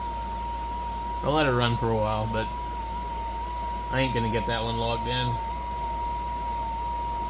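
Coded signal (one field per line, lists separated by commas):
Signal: FT8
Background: speech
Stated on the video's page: FT8 on 6 meters.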